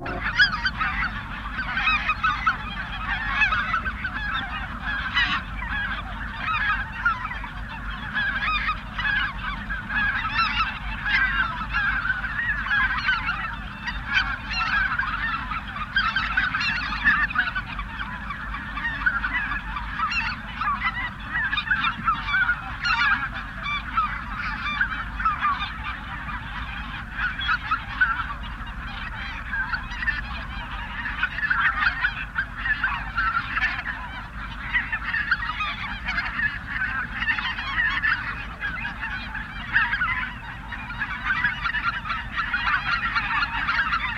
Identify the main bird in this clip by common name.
Greater White-fronted Goose